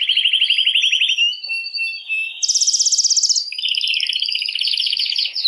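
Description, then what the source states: Canary delivering a fast trill, a softer stretch of notes, then a very high rattling phrase and a lower rolling trill to the end. Belgian mosaic canary song.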